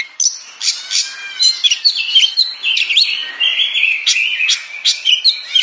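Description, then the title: Oriental magpie-robin with a flowing song of clear whistles and slurred notes, broken by scratchy accents, sustained through the whole stretch. Champion singing bird. "Kicau Burung Kacer Juara"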